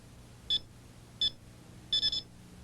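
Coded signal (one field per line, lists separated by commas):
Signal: beep code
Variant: AT&T security keypad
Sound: two separate high beeps, then three rapid high beeps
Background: quiet room hum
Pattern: 1-1-3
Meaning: The three-digit code entered is correct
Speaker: when you enter the three-digit code the keypad responds like this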